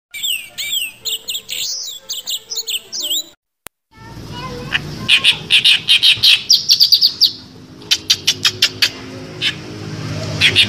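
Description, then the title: Oriental reed warbler song: a rapid run of clear, varied notes, an abrupt break of silence, then harsh rasping phrases and sharp clicking notes. Masteran bird-training recording of a bird singing actively (gacor), described as melodious. "Masteran Suara Merdu Burung Kerak Basi Besar Gacor"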